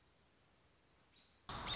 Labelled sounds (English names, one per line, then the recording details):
American Robin
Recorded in Sonoma County, California